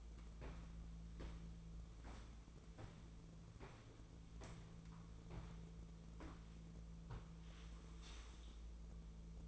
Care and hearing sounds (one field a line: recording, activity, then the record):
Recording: daily activity, microphone in the room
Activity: walk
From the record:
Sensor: 1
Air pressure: 1005.5 hPa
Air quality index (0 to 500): 122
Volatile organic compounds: 5 ppm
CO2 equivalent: 1714 ppm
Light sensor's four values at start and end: 11/27/11/12 and 11/26/10/11